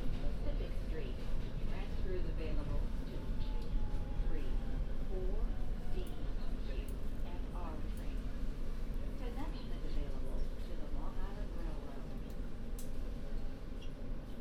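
A binaural recording of a ride across the city: a constant low vehicle rumble beneath overlapping voices talking, with occasional brief clicks and squeals.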